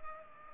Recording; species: mosquito wingbeat signal from an infrared sensor; Culex pipiens